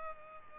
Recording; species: mosquito wingbeat signal from an infrared sensor; Culex pipiens